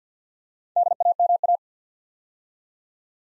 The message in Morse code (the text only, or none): DAMA